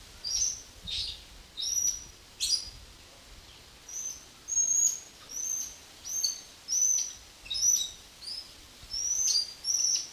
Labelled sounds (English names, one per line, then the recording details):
Weeper Capuchin
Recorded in captivity
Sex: group
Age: adult
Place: Zoo Berlin, Berlin, DE
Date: 2002-07-01 15:35
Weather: bedeckt, Regen, ca. 18°C
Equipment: Nagra SN, Kopie Uher 4000 Report Monitor
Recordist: Tembrock, Günter
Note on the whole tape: Gruppe: Laute, zum Teil agonistisch